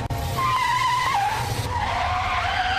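A taxi's tires skid with a loud, sustained high-pitched squeal that wavers slightly in pitch, riding over a steady low engine rumble for nearly three seconds, with no one talking.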